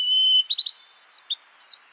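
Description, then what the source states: White-throated sparrow whistled song, unsteady and varied: a steady whistle, three quick notes, then higher thin whistles at shifting pitches. Young birds learning to sing.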